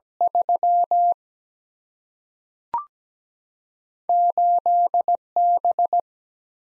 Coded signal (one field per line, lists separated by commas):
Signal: Morse code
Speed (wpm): 17 wpm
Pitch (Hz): 700 Hz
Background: none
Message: 3 8B